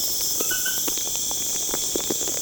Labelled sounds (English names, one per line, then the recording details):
none
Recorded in pastures near Puerto Asís, Putumayo, Colombia, on 23 June 2025 at 20:00
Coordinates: 0.496, -76.326
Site GP01